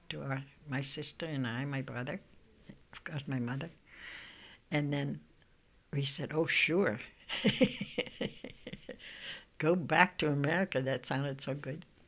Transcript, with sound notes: To my sister and I, my brother, and, of course, my mother. And then we said, "Oh, sure." ( she laughs ) Go back to America. That sounded so good.